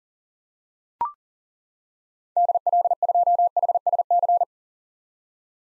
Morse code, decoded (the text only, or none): DL2HSC